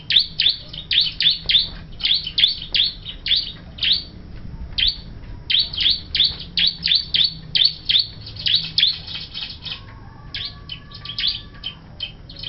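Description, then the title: Bar-winged prinia giving high, clipped chirps in rapid runs of several notes, the runs separated by short pauses, with a faint low hum beneath. "Suara Burung Ciblek"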